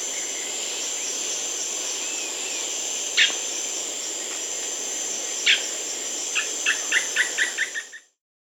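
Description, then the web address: Crested foliage-gleaner calling, two isolated harsh notes, then a quick series of about seven clipped notes fading at the end, over a steady high insect hiss. Recorded in Peru. "Natures Songs S America Birds of the Amazon 2. Crested Foliage-Gleaner (Automolus dorsalis), Peru"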